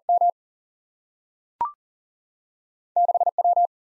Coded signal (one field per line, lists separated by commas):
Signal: Morse code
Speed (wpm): 39 wpm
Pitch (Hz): 700 Hz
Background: none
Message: M 6 W